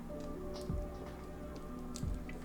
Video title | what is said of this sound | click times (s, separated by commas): Galaxy Watch Ultra Review: This is a 2 day Battery Beast! | again just wait for a little click | 2.0 s